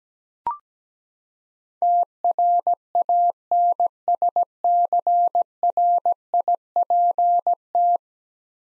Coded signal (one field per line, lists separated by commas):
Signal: Morse code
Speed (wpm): 17 wpm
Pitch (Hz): 700 Hz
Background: none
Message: TRANSCRIPT